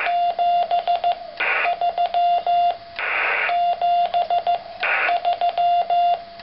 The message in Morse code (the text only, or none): 73 73